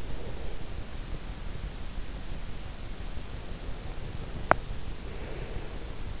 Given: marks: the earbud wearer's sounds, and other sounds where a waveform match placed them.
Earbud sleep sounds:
sounds in sleep by an in-ear microphone; breath, teeth grinding
0.00-0.72 s: breath
4.37-4.83 s: teeth grinding
5.29-6.03 s: breath

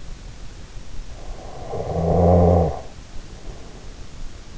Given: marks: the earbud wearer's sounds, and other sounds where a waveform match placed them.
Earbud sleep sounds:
sounds in sleep by an in-ear microphone; snoring breath
1.06-4.52 s: snoring breath

